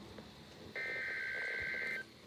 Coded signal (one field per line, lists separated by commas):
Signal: Emergency Alert System (SAME) tones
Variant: header bursts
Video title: EAS Alerts from 6/22/23